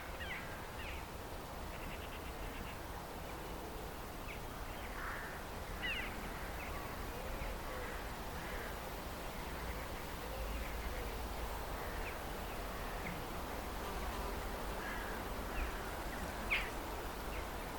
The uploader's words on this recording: I made the recordings on a walk from home on Udimore Road to the Rye Harbour Nature Reserve a few days ago. Recordings made around Rye. Mostly just the wildlife.